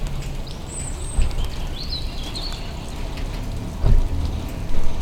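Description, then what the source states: Bird singing thin high whistles and short warbled phrases in the first half, with constant low rumble and a few dull thumps. Bird at night in Sergiyev Posad, Russia, on 21 April 2012.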